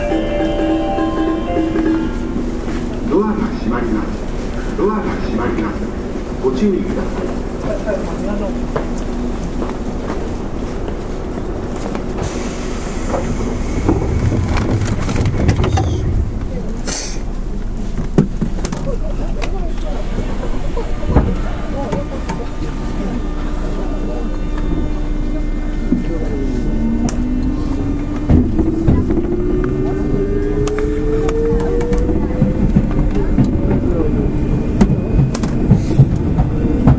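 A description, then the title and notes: Inside a local electric train while it runs, a steady low rumble with a constant hum underneath. Brief hissing bursts and rail clatter come around the middle, and from about 26 seconds a motor whine rises in pitch as the train speeds up. Faint voices sound occasionally. JR西日本 201系 大阪環状線外回り 大阪から天王寺まで. It is running noise of 201 series trains of JR West Japan. I recorded on a local train at Osaka loop line. The section is from Osaka to Tennoji.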